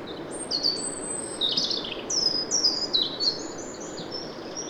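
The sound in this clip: European robin song: thin, high whistled phrases and quick twittering trills, shifting pitch from phrase to phrase over a steady low background hiss.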